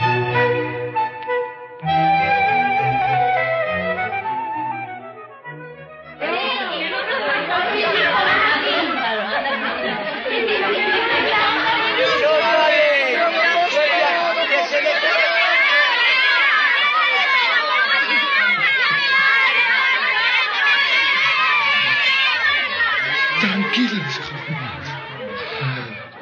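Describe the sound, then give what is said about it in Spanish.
A large crowd of boys chattering and shouting together as they gather to say goodbye to Don Bosco, a dense, lively babble of overlapping young voices that swells loudly after a brief quieter start and stays busy throughout. “Todos los chicos acudieron a despedirle.”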